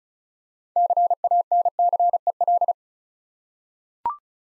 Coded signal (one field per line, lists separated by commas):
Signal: Morse code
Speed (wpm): 36 wpm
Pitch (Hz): 700 Hz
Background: none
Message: CANCEL